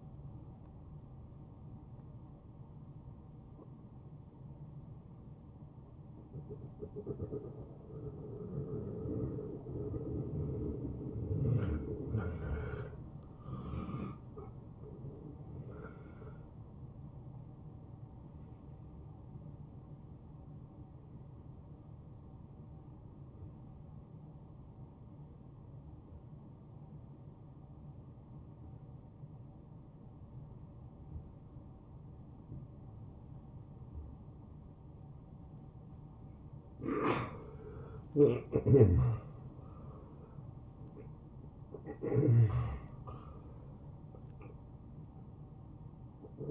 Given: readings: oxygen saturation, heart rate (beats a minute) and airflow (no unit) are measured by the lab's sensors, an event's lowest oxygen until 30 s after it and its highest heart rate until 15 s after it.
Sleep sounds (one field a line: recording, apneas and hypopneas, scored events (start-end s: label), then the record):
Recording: breathing in sleep by a smartphone at the bedside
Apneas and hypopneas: 1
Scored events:
22.00-39.40 s: hypopnea (REM, oxygen 90% highest, then 79% lowest, heart rate 88 at the start, 88 highest)
40.00-46.51 s: new sleep stage, N1 (lightest sleep)
From the record:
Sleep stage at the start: REM sleep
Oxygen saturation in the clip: 64 to 90%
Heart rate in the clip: 79 to 94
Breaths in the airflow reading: 9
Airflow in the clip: -18.7 to 9.0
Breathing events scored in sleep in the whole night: 263 in 5.5 hours asleep